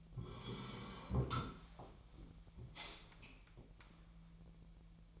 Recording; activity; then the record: daily activity, microphone in the room; sit down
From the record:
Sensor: 1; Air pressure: 1001.6 hPa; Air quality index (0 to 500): 248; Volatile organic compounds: 121 ppm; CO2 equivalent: 3882 ppm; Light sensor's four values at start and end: 14/33/14/15 and 14/34/14/16